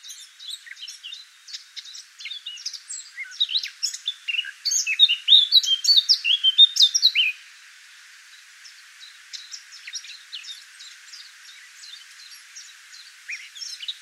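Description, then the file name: Eurasian blackcap song: a rapid warbled burst of varied high notes swelling loudest midway, then softer scattered chattering notes for the remaining seconds. "Sylvia atricapilla"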